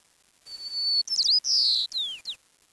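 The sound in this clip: Bird song phrase: a long, steady high whistle, then a cluster of quick chirps and a loud, slightly falling note, ending with two falling slurred whistles.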